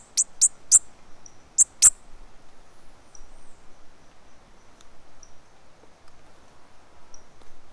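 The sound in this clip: Bird calls: five sharp, very high chips in the first two seconds, then only faint scattered ticks against a quiet hiss.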